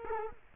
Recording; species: mosquito wingbeat signal from an infrared sensor; Culex quinquefasciatus